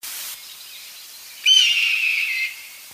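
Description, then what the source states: Bird call: a single harsh, buzzy note lasting about a second, opening with a thin whistle, heard against soft steady hiss. Recorded in northern Illinois.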